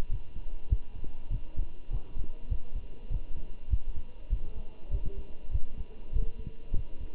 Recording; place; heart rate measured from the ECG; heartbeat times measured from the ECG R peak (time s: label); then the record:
heart sounds by stethoscope; between the tricuspid and mitral areas; 99 bpm
0.10 s: heartbeat
0.70 s: heartbeat
1.31 s: heartbeat
1.91 s: heartbeat
2.50 s: heartbeat
3.11 s: heartbeat
3.71 s: heartbeat
4.30 s: heartbeat
4.91 s: heartbeat
5.52 s: heartbeat
6.13 s: heartbeat
6.74 s: heartbeat
From the record:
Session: walking at 3.7 km/h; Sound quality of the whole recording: good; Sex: male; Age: 23 years